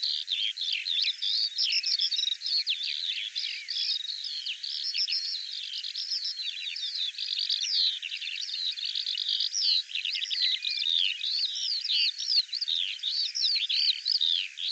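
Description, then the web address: Bird singing nonstop for the whole stretch: an intricate, high-pitched warble of rapid chirps and trills with no clear gaps. Audio cleaned and normalized. "cianscape birddata Deverinetal 2025 File cleaned normalized Bird Al Ar"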